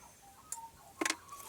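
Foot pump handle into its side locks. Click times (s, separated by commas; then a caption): 0.5 s, 1.1 s. The folded handle of a manual car tyre foot pump is pressed down into its plastic side locks, one on each side. A sharp click sounds at 0.5 s, followed by a louder cluster of clicks around 1.1 s. The handle locks into place.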